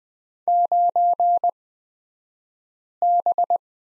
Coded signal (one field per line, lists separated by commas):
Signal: Morse code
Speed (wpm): 20 wpm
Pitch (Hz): 700 Hz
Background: none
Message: 9B